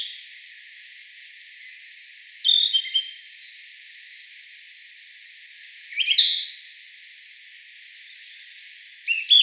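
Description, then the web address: Narcissus flycatcher song: short whistled phrases with sharp slurred notes, given every few seconds against a steady faint hiss. Recorded 11 April 2018. "birdenaga kibitaki"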